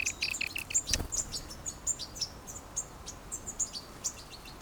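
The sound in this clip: European goldfinch giving scattered bright chirps and short twittering notes, with a brief knock about one second in.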